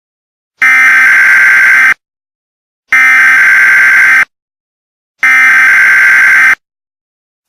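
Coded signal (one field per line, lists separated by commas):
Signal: Emergency Alert System (SAME) tones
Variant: header bursts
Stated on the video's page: Fictional EAS scenario made for entertainment.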